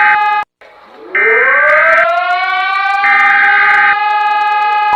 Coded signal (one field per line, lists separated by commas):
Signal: Emergency Alert System (SAME) tones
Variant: header bursts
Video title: us brazil eas mock